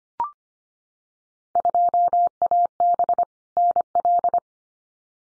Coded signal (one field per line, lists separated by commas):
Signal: Morse code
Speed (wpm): 25 wpm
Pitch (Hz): 700 Hz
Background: none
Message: 2AB NL